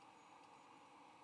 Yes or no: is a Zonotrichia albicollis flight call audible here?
no